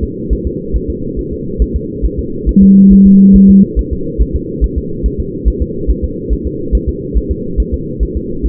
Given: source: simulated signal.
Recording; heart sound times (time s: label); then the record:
fetal heart sounds
0.04 s: S2
0.33 s: S1
0.47 s: S2
0.76 s: S1
0.90 s: S2
1.19 s: S1
1.33 s: S2
1.62 s: S1
1.76 s: S2
2.05 s: S1
2.19 s: S2
2.49 s: S1
2.63 s: S2
2.93 s: S1
3.07 s: S2
3.36 s: S1
3.50 s: S2
3.79 s: S1
3.93 s: S2
4.22 s: S1
4.36 s: S2
4.64 s: S1
4.78 s: S2
5.06 s: S1
5.20 s: S2
5.48 s: S1
5.62 s: S2
5.90 s: S1
6.04 s: S2
6.33 s: S1
6.47 s: S2
6.75 s: S1
6.89 s: S2
7.17 s: S1
7.31 s: S2
7.60 s: S1
7.74 s: S2
8.03 s: S1
8.17 s: S2
8.46 s: S1
From the record:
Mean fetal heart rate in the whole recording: 140 bpm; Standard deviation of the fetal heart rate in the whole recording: 2 bpm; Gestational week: 34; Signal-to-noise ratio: -6.6 dB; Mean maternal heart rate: 72 bpm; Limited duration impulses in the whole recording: present